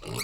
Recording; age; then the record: pig call; weaner (32 to 43 days)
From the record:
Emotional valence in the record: negative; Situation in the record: novel object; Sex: female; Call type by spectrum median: high-frequency call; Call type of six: mixed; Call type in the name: high-frequency modulated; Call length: 0.23 s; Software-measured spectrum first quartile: 573 Hz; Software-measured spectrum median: 2429 Hz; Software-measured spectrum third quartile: 6330 Hz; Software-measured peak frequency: 399 Hz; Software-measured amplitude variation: 82 dB a second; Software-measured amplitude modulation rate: 30.0 a second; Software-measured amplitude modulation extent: 2.7 dB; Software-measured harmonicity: 3.9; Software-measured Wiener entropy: -2.56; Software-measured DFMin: 803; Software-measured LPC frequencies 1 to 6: 353, 1196, 2235, 2805, 4075, 4417 Hz